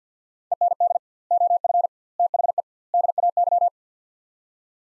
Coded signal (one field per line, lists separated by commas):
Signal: Morse code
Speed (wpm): 50 wpm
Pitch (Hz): 700 Hz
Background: none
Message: END OF THE DAY